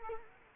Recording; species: mosquito wingbeat signal from an infrared sensor; Culex quinquefasciatus